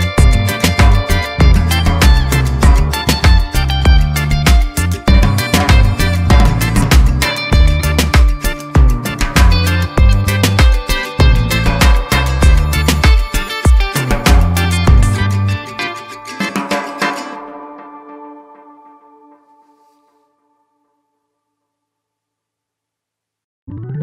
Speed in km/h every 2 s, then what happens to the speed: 87, 87, 85, 85, 85, 85, 85, 85, 87, 89, 90, 90.
0-14 steady at about 85.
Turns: none.